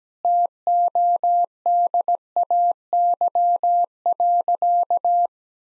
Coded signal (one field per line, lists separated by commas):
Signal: Morse code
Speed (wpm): 17 wpm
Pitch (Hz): 700 Hz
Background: none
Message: TODAY.